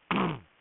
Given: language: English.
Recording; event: throat vibration sensor signal played as sound; throat clearing